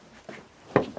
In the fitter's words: on clipse. Voilà,